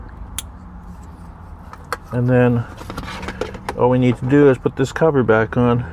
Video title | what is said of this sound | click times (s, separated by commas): Enhance your Tesla with S3XY Buttons & Knob: Must Have Accessory | and then we're just going to go ahead and click this together again listen for the click | 0.4 s